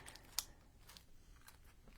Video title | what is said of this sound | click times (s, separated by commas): Field Notes Junk Journal Pt 7: Wiggly Butterflies | You kind of can hear them click in when they they seat into themselves. | 0.4 s